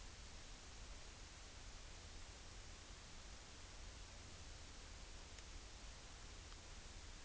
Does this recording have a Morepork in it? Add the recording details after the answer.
no. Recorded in New Zealand on 30 April 2013. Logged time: 02:19. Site Ponui